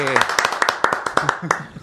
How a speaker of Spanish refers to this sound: Excelente mate. Un aplauso gigante, por favor.